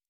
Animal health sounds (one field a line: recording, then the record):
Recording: hydrophone in a shrimp aquaculture tank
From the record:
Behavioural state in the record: normal